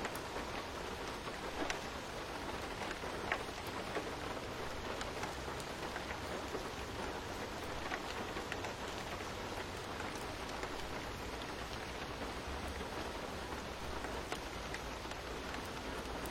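Steady, dense rain patters for the whole stretch, with scattered brighter drop ticks and a soft low rumble underneath.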